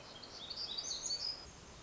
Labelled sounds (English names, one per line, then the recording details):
Black-throated Gray Warbler
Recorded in Sonoma County, California